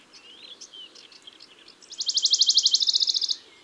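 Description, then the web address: Western Bonelli's warbler: faint soft notes open, then one loud, dry trill of rapid notes lasting over a second. Recorded in June. "Juin Le Pouillot de bonelli. album les-4-saisons-des-chants-doiseaux"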